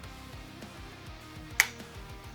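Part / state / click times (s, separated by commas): power valve governor onto its shaft in the engine crankcase / seated / 1.6 s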